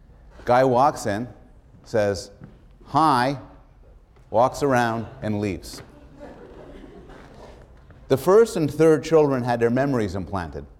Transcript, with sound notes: guy walks in and says, "Hi," walks around and leaves. [laughter] The first and third children had their memories implanted,